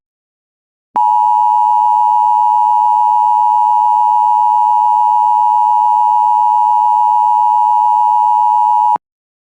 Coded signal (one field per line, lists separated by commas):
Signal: Emergency Alert System (SAME) tones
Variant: 853 and 960 Hz attention tone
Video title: EAS #205 Tornado Warning On WJON-IP